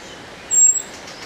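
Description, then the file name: Eurasian blackbird giving one thin, high, drawn-out whistled call, level and brief, over a quiet background hiss. "Turdus merula"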